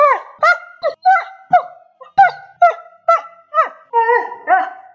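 A dog barks loudly and persistently, about eleven sharp, mid-pitched barks in quick, fairly steady succession, with no talking over them.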